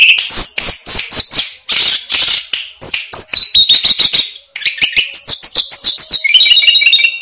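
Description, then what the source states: Snowy-browed flycatcher song in a rapid, continuous stream of thin high chips, buzzy notes and stepped whistles, dense and busy throughout. Master song used to train caged birds.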